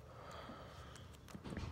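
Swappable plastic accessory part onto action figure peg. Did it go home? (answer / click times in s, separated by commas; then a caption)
no / none. A swappable plastic accessory part is pushed onto the peg joint of a Marvel Blade action figure, with soft plastic handling over a low background hum and small sharp taps near 1.0, 1.3 and 1.6 seconds. The part does not go on, and nothing has seated or clicked yet.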